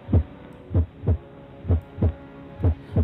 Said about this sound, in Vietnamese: Màn đêm yên tĩnh, chỉ còn vang vọng hơi thở nhẹ nhàng, đầy hồi hộp của cô cùng với cái nhịp tim đang đập thình thịch trong lồng ngực.